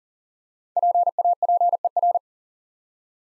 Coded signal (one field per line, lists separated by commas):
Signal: Morse code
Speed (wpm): 40 wpm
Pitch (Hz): 700 Hz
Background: none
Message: PAPER